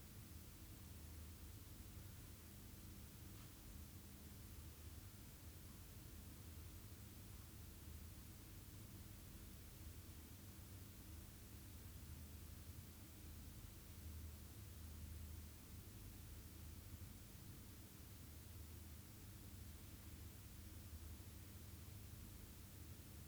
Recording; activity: daily activity, guitar pickup as the sensor; stand